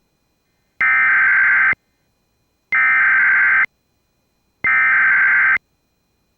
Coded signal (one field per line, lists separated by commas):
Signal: Emergency Alert System (SAME) tones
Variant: header bursts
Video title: Chyron CODI EAS CG Debut! || 5-10-24 (EAS #2,669)